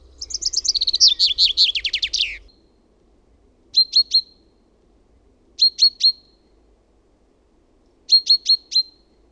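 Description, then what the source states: Common chaffinch sings a quick tumbling trill with a flourish at the end, then gives three separate clusters of short, sharp high notes. Recorded in Finland.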